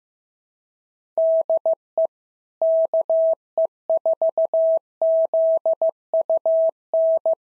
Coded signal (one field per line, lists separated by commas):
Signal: Morse code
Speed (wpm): 14 wpm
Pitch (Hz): 650 Hz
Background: none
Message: DE KE4ZUN